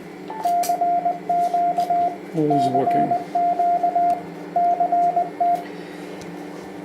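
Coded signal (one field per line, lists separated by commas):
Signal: Morse code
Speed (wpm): 21 wpm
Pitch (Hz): 700 Hz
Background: speech, radio noise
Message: CQ CQ CT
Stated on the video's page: Test of a 1200 W SSB/CW 160–6 meter power amplifier with heat pipes and a BLF188XR.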